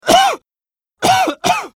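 Three acted coughs from an adult: one cough, a pause, then two more in quick succession.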